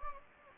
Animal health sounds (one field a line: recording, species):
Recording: mosquito wingbeat signal from an infrared sensor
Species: Anopheles gambiae